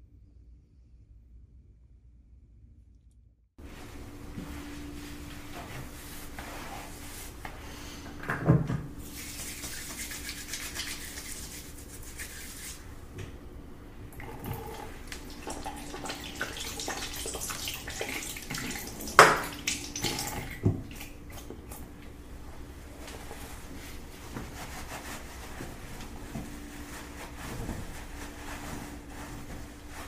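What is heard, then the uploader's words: Quiet hotel room sounds: after three seconds of silence, running water and a steady low hum fill the room, with sharp knocks near 8 and 19 seconds. ASMR NO HOTEL. ASMR explorando os sons relaxantes de um quarto de hotel no Rio de Janeiro.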